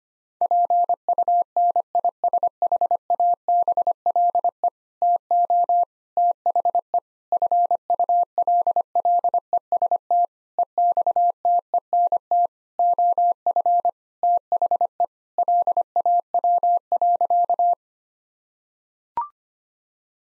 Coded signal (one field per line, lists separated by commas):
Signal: Morse code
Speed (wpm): 25 wpm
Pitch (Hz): 700 Hz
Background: none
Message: PUNISHABLE TO THE FULLEST EXTENT OF THE LAW.